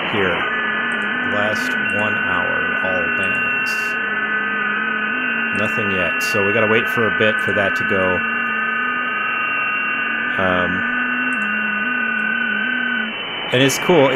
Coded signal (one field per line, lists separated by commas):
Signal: FT8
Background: speech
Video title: Wednesday Night Live DX 9-7-22